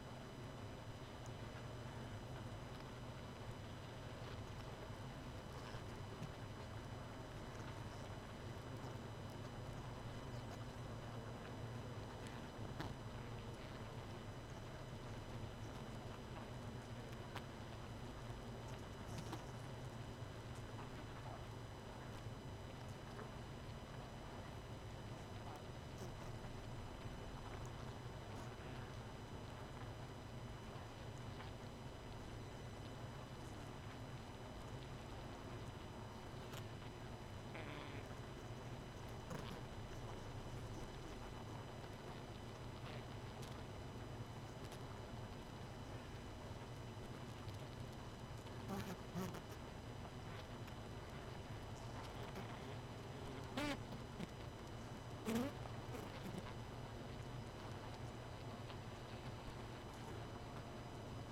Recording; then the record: honeybee colony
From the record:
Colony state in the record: missing queen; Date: 31 May 2018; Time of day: 23:37